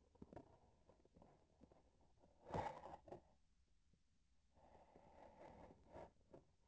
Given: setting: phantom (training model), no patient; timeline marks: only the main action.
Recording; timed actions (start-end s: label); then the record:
laparoscopic instrument, vibration sensor on the handle end
1.10-2.19 s: palpation
From the record:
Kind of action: gesture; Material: synthetic tissue